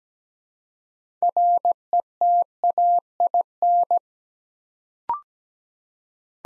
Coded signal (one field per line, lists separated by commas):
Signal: Morse code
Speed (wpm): 17 wpm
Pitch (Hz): 700 Hz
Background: none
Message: RETAIN